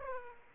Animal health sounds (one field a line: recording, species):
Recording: mosquito wingbeat signal from an infrared sensor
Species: Aedes aegypti